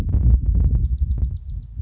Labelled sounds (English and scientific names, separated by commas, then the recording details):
Bewick's Wren (Thryomanes bewickii)
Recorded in Sonoma County, California